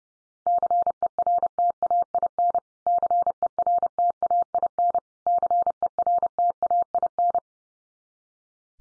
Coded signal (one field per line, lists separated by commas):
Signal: Morse code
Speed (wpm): 30 wpm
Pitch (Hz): 700 Hz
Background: none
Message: CERTAIN CERTAIN CERTAIN